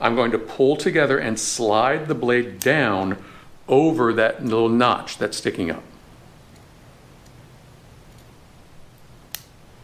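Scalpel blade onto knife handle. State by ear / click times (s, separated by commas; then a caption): seated / 9.3 s. Someone talks for about the first six seconds while a steel scalpel blade is lined up with the grooves of a metal knife handle and slid down over the small notch sticking up from the handle. After a few seconds of near silence, a single sharp click at 9.4 s marks the back of the blade snapping down over the notch. The blade is seated, loaded and secure on the handle.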